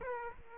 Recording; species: mosquito wingbeat signal from an infrared sensor; Aedes aegypti